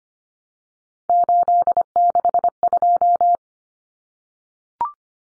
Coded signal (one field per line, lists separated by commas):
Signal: Morse code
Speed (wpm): 25 wpm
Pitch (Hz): 700 Hz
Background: none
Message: 862